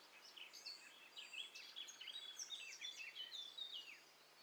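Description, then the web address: Birds calling together in a busy mix of high chirps, twittering trills and quick whistled notes, overlapping continuously over a faint background hiss. Several birds calling at once; stereo. "Hi Fi STEREO BIRD COCKTAIL PARTY Challenge"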